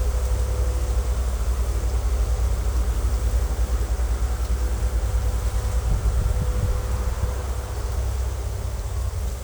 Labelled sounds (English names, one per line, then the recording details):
none
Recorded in secondary vegetation near Puerto Asís, Putumayo, Colombia, on 16 December 2024 at 13:00
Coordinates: 0.468, -76.324
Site G095